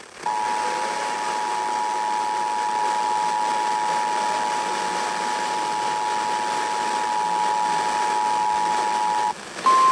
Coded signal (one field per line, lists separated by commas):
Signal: Emergency Alert System (SAME) tones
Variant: 853 and 960 Hz attention tone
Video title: EAS #2877 Severe Thunderstorm Warning on WZOK